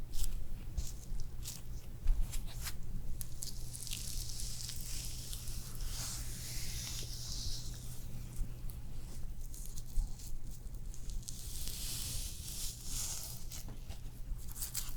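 Layered facial spa sounds: soft, wet, brushing and squishing textures run continuously with frequent small clicks and taps. Bright hissy swells rise around 4–8 seconds and again near 11–14 seconds. A steady low hum sits underneath throughout.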